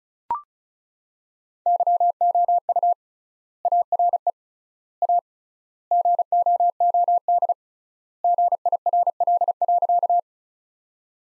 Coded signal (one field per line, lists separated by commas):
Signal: Morse code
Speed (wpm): 34 wpm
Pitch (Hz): 700 Hz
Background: none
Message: YOU ARE A GOOD GIRL.